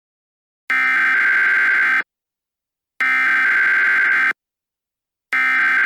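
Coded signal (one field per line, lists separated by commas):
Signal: Emergency Alert System (SAME) tones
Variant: header bursts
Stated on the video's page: Simulated EAS alert, a fictional scenario that may or may not contain valid alert tones.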